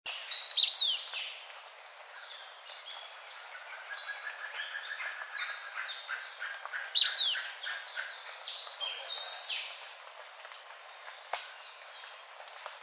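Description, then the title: Blackish pewee giving two sharp, high downslurred call notes about six seconds apart, over a steady high insect drone and scattered chirps of other birds. Subspecies nigrescens. "LuckyPassaro Completos2Sama. Blackish Pewee"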